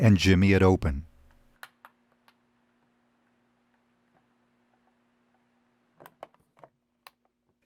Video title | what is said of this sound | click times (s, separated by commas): How to Remove / Shuck the Hard Drive from Seagate Backup Plus Hub | You'll hear the retaining clips snap with each prying motion. | 1.6 s, 1.8 s, 6.2 s, 7.1 s